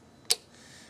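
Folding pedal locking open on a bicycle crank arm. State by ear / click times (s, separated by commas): seated / 0.3 s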